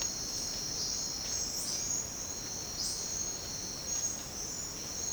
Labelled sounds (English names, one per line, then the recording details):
none
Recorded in secondary vegetation near Puerto Asís, Putumayo, Colombia, on 19 March 2025 at 07:30
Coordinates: 0.484, -76.319
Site G010